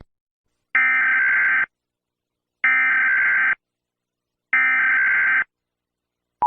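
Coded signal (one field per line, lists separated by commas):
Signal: Emergency Alert System (SAME) tones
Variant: header bursts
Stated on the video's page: Ranked EAS alarms and civil defense sirens from different countries.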